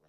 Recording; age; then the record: pig call; piglet (1 to 25 days)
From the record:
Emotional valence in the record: positive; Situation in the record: short reunion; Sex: male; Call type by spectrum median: low-frequency call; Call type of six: low-frequency tonal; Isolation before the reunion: 3 minutes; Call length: 0.09 s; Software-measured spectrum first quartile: 407 Hz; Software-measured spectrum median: 764 Hz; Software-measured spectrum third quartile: 2788 Hz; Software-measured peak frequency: 458 Hz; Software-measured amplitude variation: 63 dB a second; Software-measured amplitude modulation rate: 5.4 a second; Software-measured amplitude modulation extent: 11.7 dB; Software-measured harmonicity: 4.3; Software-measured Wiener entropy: -2.08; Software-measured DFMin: 778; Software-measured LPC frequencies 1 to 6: 574, 1374, 2379, 3547, 4553, 5709 Hz